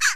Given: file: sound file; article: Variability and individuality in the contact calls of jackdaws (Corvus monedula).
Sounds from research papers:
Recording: jackdaw call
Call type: harmonic

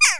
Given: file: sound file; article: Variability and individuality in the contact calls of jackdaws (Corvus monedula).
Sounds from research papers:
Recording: jackdaw call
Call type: harmonic

